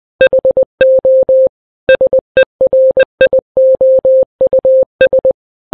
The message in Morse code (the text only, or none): HO SERIOUS